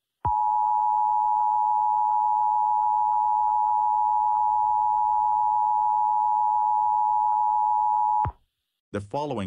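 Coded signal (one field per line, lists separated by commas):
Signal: Emergency Alert System (SAME) tones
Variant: 853 and 960 Hz attention tone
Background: speech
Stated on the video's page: Fictional EAS scenario with SAME tones about World War 3.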